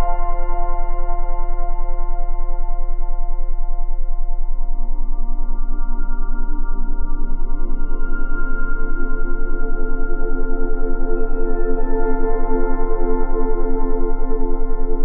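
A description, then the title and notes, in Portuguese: A steady 10 Hz and 20 Hz tone drone with a constant low hum, joined near five seconds by layered, ringing bowl-like tones that swell. Frequência 10Hz + 20 Hz.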